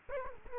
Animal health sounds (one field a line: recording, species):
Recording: mosquito wingbeat signal from an infrared sensor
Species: Culex quinquefasciatus